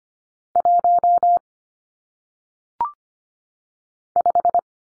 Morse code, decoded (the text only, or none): 1 5